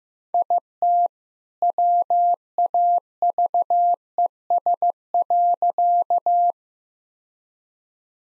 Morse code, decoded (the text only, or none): IT WAVES.